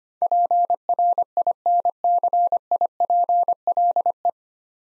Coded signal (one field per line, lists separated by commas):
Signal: Morse code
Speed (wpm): 25 wpm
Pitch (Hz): 700 Hz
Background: none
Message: PRINCIPLE